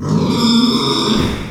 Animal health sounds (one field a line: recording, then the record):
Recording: squeal of a Yucatan mini pig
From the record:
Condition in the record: after surgery on the right vocal fold (resection and tissue-engineered implant)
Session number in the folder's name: 14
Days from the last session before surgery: 133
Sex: female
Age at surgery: 19 weeks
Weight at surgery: 25 kg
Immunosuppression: prednisolone